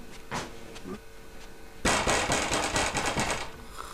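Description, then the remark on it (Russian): A few scattered soft taps, then a loud, rapid burst of knocking by a woman on an apartment door that keeps pounding in a fast, uneven rhythm for about two seconds before easing off. “стучит в дверь этой квартиры.”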